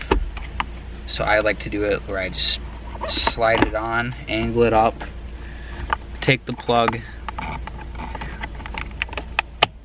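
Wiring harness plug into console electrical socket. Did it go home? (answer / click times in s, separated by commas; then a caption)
yes / 9.6 s. While refitting the shifter console on a WRX during a short-throw shifter install, a wiring harness plug is pushed into the console's electrical socket as someone talks. Several small sharp taps and clicks sound throughout, and the plug locks in with a crisp click at 9.6 s, seating the connector.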